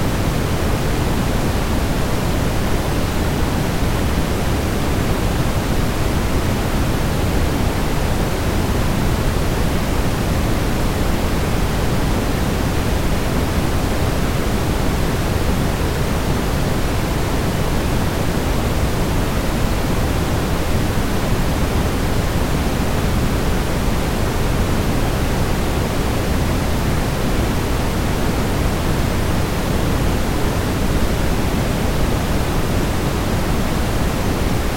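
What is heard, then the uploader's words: White noise plays as a constant, unbroken hiss for the full length, with no changes in level or texture. The sound leans toward the deeper side, a soft full rush more than a thin sharp hiss, like steady rushing water. Calm your mind with relaxing white noise.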